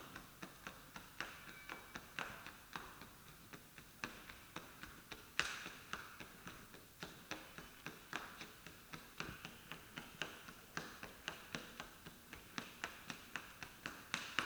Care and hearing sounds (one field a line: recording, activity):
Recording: daily activity, guitar pickup as the sensor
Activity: run